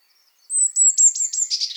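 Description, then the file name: Eurasian blue tit, a thin high note followed by a short series of buzzy, chattering notes that end in a harsh scold. "Cyanistes caeruleus"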